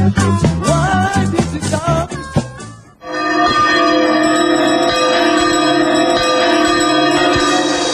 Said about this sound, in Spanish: Si escuchas las dos campanas, puedes terminar sin entender nada.